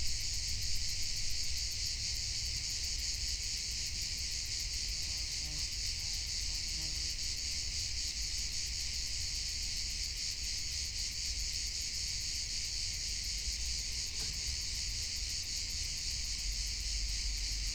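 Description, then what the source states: Crickets sing in a constant high-pitched pulsed chorus, unbroken throughout, with a low rumble beneath. Many crickets dominating the soundscape on a mountaintop at Capella de Sant Jordi, Sant Llorenç de la Muga area, during a summer excursion, with no human-made sound.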